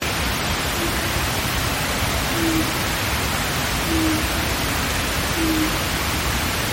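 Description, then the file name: Japanese night heron giving low, hollow hoots, four spaced about a second and a half apart, half buried under loud steady hiss. "mizogoi"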